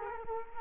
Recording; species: mosquito wingbeat signal from an infrared sensor; Culex quinquefasciatus